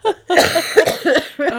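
An adult woman gives a short cough, then a longer, harsh run of several coughs pushed back to back, and a final burst starting at the end. The coughing is rough and deep, with a throaty, voiced quality like a smoker's cough.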